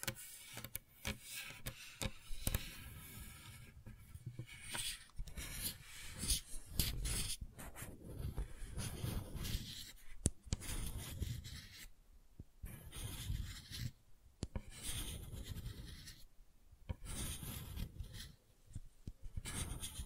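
Gentle scratching goes on almost without pause, a dense run of soft raspy strokes and brushing rubs with frequent quick clicks and taps. The texture keeps shifting between low, muffled rubbing and brighter, crisper scrapes, with brief near-silent gaps around 12, 14 and 16 seconds.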